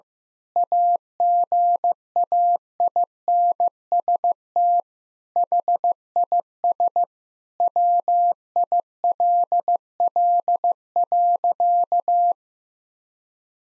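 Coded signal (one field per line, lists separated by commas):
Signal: Morse code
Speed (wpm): 16 wpm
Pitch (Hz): 700 Hz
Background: none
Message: AGAINST HIS WILL.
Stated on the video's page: Sentence-copying drill of common nine-word phrases at 15 wpm, first words spoken, each sentence sent in Morse, then spoken, then sent again.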